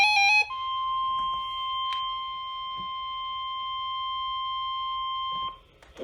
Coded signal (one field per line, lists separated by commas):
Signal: Emergency Alert System (SAME) tones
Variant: 1050 Hz attention tone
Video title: Evening Storms & Classic Midlands | EAS Alerts from July 21, 2022 (EAS#703-738)